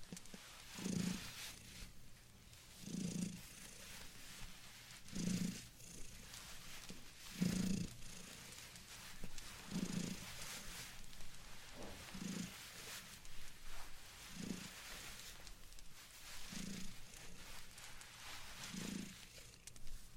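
Blanket knitting moves in a slow, even rhythm: a soft swish with a low, muffled thump comes about every two seconds, with a brighter rustle riding on each stroke. The strokes fade slightly toward the end, over a steady low hum.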